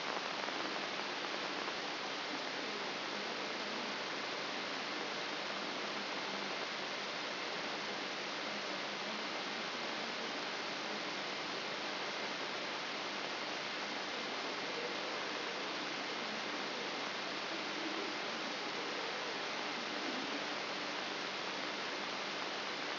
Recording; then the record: brain microelectrode recording played as sound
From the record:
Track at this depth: outside the subthalamic nucleus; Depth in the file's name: 5.501 mm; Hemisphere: left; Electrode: 3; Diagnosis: Parkinson's disease